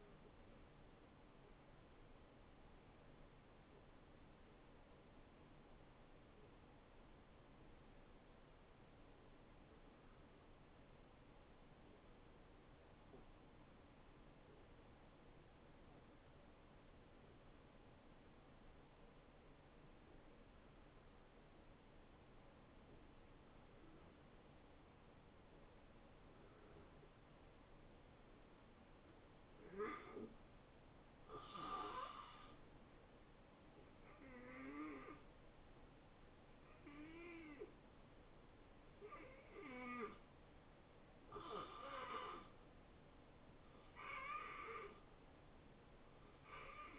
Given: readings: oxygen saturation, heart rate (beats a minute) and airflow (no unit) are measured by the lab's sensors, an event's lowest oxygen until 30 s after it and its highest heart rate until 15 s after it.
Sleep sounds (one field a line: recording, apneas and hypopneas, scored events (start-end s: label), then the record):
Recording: breathing in sleep by a voice recorder at the bedside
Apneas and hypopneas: 1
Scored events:
3.00-34.10 s: hypopnea (N1, oxygen 93% highest, then 81% lowest, heart rate 80 at the start, 80 highest)
21.00-46.99 s: new sleep stage, N2 (light sleep)
From the record:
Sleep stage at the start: N1 (lightest sleep)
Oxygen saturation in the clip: 78 to 93%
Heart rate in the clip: 72 to 84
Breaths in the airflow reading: 12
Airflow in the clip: -3.6 to 5.4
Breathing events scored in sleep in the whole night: 263 in 5.5 hours asleep